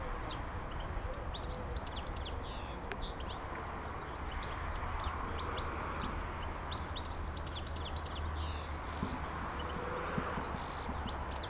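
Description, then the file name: European goldfinch twittering calls, bursts of quick high tinkling notes throughout, with a constant low hum of background noise. "Szczygiel"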